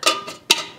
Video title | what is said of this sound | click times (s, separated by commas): Bread Machine Mixes for the Trail | then um then the pan goes in and locks into place | 0.5 s